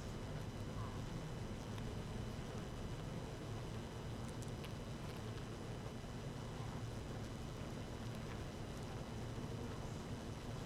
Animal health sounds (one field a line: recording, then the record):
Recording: honeybee colony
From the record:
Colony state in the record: active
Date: 12 June 2018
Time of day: 18:05